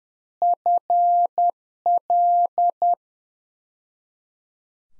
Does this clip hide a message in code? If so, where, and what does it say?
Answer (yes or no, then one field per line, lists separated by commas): yes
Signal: Morse code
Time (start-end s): 0.4-2.9 s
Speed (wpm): 10 wpm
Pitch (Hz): 700 Hz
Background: none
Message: FL